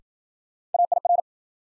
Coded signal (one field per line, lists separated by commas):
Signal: Morse code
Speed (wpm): 53 wpm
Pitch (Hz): 700 Hz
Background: none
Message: AIR